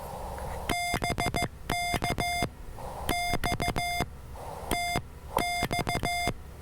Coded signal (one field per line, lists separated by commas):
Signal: Morse code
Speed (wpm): 15 wpm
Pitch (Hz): 700 Hz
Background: none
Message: BK X T X